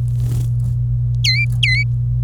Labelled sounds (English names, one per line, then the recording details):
Domestic Canary song
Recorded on 25 April 2018 at 16:36
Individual llb3